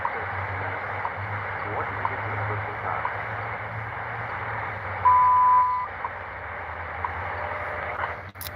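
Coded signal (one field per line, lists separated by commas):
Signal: radio time signal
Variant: WWV and WWVH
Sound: shortwave hiss with one clear beep under a second long, a fainter higher tone behind it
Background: radio static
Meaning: The long 1000/1200 Hz tone marks the start of a minute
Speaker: I go down and check 15 MHz again so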